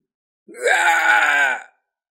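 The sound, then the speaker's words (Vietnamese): A man lets out a single anguished scream of pain as his bones and tendons are broken, rising sharply then holding a strained, harsh pitch for about a second before cutting off, loud and alone. “Một tiếng hét thảm, người này cũng gãy xương đứt gân, kết quả hầu tử đánh xuống một gậy, đập nát cho nửa người.”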